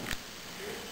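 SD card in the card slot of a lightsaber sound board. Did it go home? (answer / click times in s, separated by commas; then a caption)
released / 0.1 s. A microSD card is released from its spring-loaded slot on a lightsaber sound board inside a toy saber hilt. It pops out with a short, sharp click at 0.1 s, followed by quiet background hiss. The card is released.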